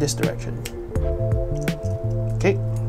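Someone talks while handling the lock knob on a Sirui 3T-35K vlogging tripod stand, turning it in the indicated direction to lock it, with music playing underneath. A few short taps of handling are heard, but the clip ends before the knob clicks into its locked position, so nothing has seated or clicked yet.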